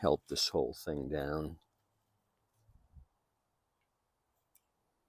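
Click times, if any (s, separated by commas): none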